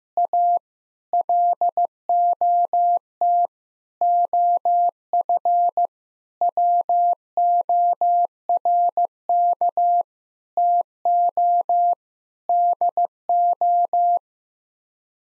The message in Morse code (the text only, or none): A LOT OF WORK TO DO